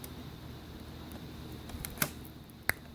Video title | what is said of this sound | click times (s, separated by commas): 73-87 Chevy-GMC C10 Intellitronix Digital Gauge Cluster Blue Install Part 1 | You'll hear it click, just like that. Mine just popped into place. | 2.7 s